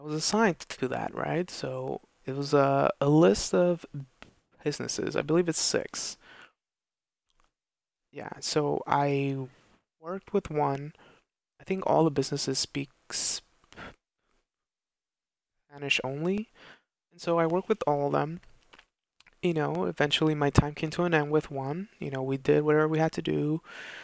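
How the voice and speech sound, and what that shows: An adult man recounts a work story in conversational English, with stretched sounds on words like "was a," "of" and "six" and long silent gaps mid-phrase, including before "Spanish." These prolongations and silent blocks fit adult stuttering.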